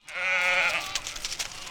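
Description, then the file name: Sheep giving one loud, wavering bleat lasting about three-quarters of a second, followed by soft clicks and rustling. A flock of sheep in a park. "Flock Of Sheeps In Park Reba O De Ovejas Parque"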